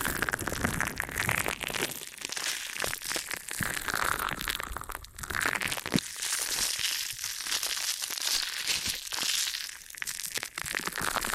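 Ear and scalp massage with continuous crinkly, rustling scratching that stays dense and bright throughout. Small crackling bursts come rapidly and irregularly, with a sharp click near six seconds and brief dips in loudness around five and ten seconds.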